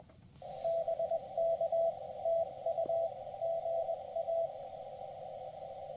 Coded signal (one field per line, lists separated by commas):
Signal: Morse code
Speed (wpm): 21 wpm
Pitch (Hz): 660 Hz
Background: radio noise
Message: BK TU GA